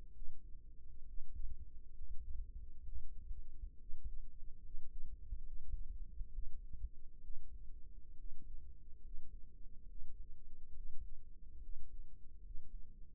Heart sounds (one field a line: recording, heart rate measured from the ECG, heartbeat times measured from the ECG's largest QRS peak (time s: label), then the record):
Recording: heart sounds by microphone in the right ear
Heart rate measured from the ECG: 68 bpm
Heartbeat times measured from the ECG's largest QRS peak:
0.13 s: heartbeat
1.05 s: heartbeat
1.92 s: heartbeat
2.84 s: heartbeat
3.77 s: heartbeat
4.61 s: heartbeat
5.43 s: heartbeat
6.31 s: heartbeat
7.22 s: heartbeat
8.15 s: heartbeat
9.01 s: heartbeat
9.86 s: heartbeat
10.73 s: heartbeat
11.60 s: heartbeat
12.41 s: heartbeat
From the record:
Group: healthy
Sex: male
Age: 22 years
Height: 181 cm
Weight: 79 kg